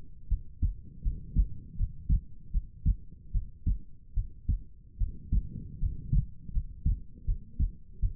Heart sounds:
heart sounds by stethoscope; 78 bpm
0.28 s: heartbeat
1.02 s: heartbeat
1.76 s: heartbeat
2.51 s: heartbeat
3.31 s: heartbeat
4.14 s: heartbeat
4.97 s: heartbeat
5.78 s: heartbeat
6.52 s: heartbeat
7.25 s: heartbeat
8.00 s: heartbeat
From the record:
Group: healthy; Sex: female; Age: 19 years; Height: 163 cm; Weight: 48.9 kg

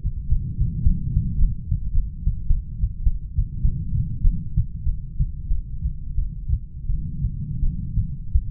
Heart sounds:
heart sounds by stethoscope; 97 bpm
0.28 s: heartbeat
0.82 s: heartbeat
1.37 s: heartbeat
1.92 s: heartbeat
2.47 s: heartbeat
3.04 s: heartbeat
3.63 s: heartbeat
4.23 s: heartbeat
4.85 s: heartbeat
5.49 s: heartbeat
6.17 s: heartbeat
6.88 s: heartbeat
7.62 s: heartbeat
8.34 s: heartbeat
From the record:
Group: heart failure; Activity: Valsalva maneuver 0-3 s, rest 3-9 s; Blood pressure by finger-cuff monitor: 93/64 mmHg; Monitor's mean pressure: 76 mmHg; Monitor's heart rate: 102 bpm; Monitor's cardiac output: 8.3 L/min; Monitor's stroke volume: 80 mL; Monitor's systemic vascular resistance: 630 dyn s/cm5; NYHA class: 1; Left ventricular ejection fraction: 39%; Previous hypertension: present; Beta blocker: carvedilol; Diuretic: furosemide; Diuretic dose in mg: 20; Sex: male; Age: 60 years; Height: 178 cm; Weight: 62 kg

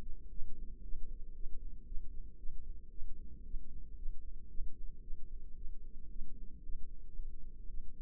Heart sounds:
heart sounds by microphone in the left ear; 114 bpm
0.31 s: heartbeat
0.84 s: heartbeat
1.35 s: heartbeat
1.86 s: heartbeat
2.38 s: heartbeat
2.91 s: heartbeat
3.45 s: heartbeat
3.97 s: heartbeat
4.50 s: heartbeat
5.02 s: heartbeat
5.56 s: heartbeat
6.10 s: heartbeat
6.64 s: heartbeat
7.16 s: heartbeat
7.69 s: heartbeat
From the record:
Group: healthy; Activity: rest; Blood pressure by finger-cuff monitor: 145/75 mmHg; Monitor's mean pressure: 92 mmHg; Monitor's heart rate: 114 bpm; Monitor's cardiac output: 9.4 L/min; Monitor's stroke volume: 82 mL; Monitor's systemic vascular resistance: 720 dyn s/cm5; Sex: female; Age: 19 years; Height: 163 cm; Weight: 51 kg

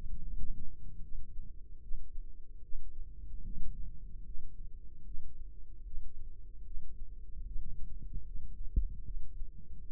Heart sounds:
heart sounds by microphone in the left ear; 75 bpm
0.25 s: heartbeat
1.04 s: heartbeat
1.83 s: heartbeat
2.64 s: heartbeat
3.46 s: heartbeat
4.26 s: heartbeat
5.06 s: heartbeat
5.86 s: heartbeat
6.66 s: heartbeat
7.46 s: heartbeat
8.26 s: heartbeat
9.06 s: heartbeat
9.86 s: heartbeat
From the record:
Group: healthy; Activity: cold pressor test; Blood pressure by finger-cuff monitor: 101/67 mmHg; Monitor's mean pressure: 78 mmHg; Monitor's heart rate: 75 bpm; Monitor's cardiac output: 3.7 L/min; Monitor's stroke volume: 49 mL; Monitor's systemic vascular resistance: 1480 dyn s/cm5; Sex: male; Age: 55 years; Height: 167 cm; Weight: 57.2 kg

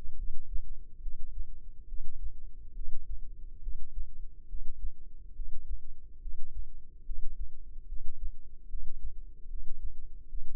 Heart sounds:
heart sounds by microphone in the left ear; 71 bpm
0.16 s: heartbeat
1.00 s: heartbeat
1.86 s: heartbeat
2.73 s: heartbeat
3.61 s: heartbeat
4.47 s: heartbeat
5.33 s: heartbeat
6.19 s: heartbeat
7.03 s: heartbeat
7.86 s: heartbeat
8.67 s: heartbeat
9.47 s: heartbeat
10.27 s: heartbeat
From the record:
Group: healthy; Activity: breath hold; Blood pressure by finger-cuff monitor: 107/68 mmHg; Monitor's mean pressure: 84 mmHg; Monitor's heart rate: 70 bpm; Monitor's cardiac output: 6.5 L/min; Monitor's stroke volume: 92 mL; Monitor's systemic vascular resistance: 940 dyn s/cm5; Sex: female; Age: 22 years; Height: 160 cm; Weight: 45 kg

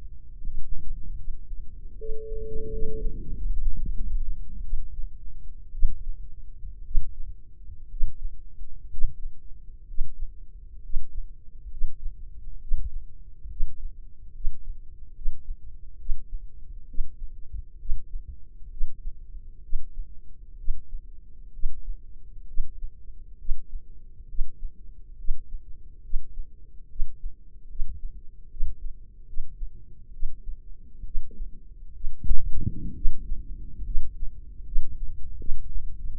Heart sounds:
heart sounds by microphone in the left ear; 69 bpm
0.37 s: heartbeat
1.17 s: heartbeat
1.98 s: heartbeat
2.70 s: heartbeat
3.33 s: heartbeat
3.95 s: heartbeat
4.63 s: heartbeat
5.73 s: heartbeat
6.84 s: heartbeat
7.89 s: heartbeat
8.89 s: heartbeat
9.86 s: heartbeat
10.81 s: heartbeat
11.69 s: heartbeat
12.59 s: heartbeat
13.48 s: heartbeat
14.33 s: heartbeat
15.14 s: heartbeat
15.97 s: heartbeat
16.87 s: heartbeat
17.78 s: heartbeat
18.70 s: heartbeat
19.62 s: heartbeat
20.57 s: heartbeat
21.52 s: heartbeat
22.46 s: heartbeat
23.37 s: heartbeat
24.27 s: heartbeat
25.17 s: heartbeat
26.02 s: heartbeat
26.88 s: heartbeat
27.68 s: heartbeat
28.49 s: heartbeat
29.26 s: heartbeat
30.12 s: heartbeat
31.04 s: heartbeat
31.93 s: heartbeat
32.94 s: heartbeat
33.84 s: heartbeat
34.64 s: heartbeat
35.37 s: heartbeat
36.09 s: heartbeat
From the record:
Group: healthy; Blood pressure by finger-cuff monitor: 97/51 mmHg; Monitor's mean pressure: 65 mmHg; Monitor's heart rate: 68 bpm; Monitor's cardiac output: 6.3 L/min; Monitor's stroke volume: 92 mL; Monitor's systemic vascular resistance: 690 dyn s/cm5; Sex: female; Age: 22 years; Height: 157 cm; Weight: 47.6 kg

